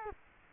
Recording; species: mosquito wingbeat signal from an infrared sensor; Culex quinquefasciatus